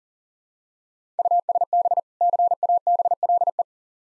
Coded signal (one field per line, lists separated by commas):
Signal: Morse code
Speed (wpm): 40 wpm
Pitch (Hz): 700 Hz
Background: none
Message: USB CABLE